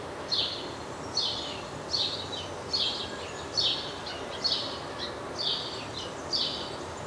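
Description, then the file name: House sparrow giving a steady series of eight harsh chirps, each falling in pitch, repeated a little faster than once a second against continuous hiss. "Passer domesticus"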